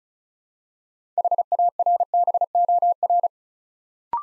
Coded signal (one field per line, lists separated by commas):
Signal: Morse code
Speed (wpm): 36 wpm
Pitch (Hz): 700 Hz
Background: none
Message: HARBOR